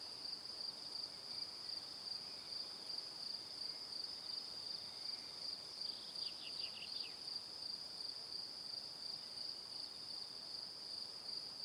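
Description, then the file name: Cricket song in steady high chirps, roughly three per second, with a short run of falling notes halfway through. Evening. "Calm - Evening Crickets"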